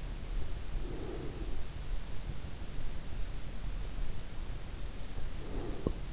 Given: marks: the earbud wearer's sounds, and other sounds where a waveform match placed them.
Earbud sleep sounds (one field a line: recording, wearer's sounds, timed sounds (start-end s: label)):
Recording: sounds in sleep by an in-ear microphone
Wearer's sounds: breath, teeth grinding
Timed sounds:
0.70-1.64 s: breath
5.37-6.12 s: breath
5.85-5.98 s: teeth grinding